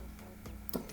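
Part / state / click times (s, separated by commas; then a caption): plastic foot halves locking together on a transforming robot toy / seated / 0.7 s. The plastic foot halves of a knockoff Valkyrie VF1 X-Bot Galaxy Defender transforming robot toy are pinched closed during its transformation back to jet mode. A sharp plastic snap at 0.7 s, followed closely by a second hit, marks the feet locking into place. Fainter taps come at about 0.2, 0.5 and 0.9 s.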